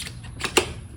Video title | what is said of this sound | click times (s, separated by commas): Milwaukee Pole Saw - Unboxing, Assembly, and Demonstration | so you want to hear that click and then once it clicks you tighten up | 0.6 s